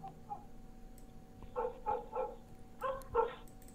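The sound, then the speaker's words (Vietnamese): A pack of village dogs bark at midnight, set off by a man's scream, in two quick clusters of sharp, mid-pitched yaps, three barks then two more, over a steady low hum with no talking. “Vẫn biết bây giờ là nửa đêm, khu này chẳng ai lai vãng, nhưng mà tiếng hét của lão Kha làm cho bầy chó ở trong làng đua nhau sủa lên dâm gian ông ỏng đến điên cả người.”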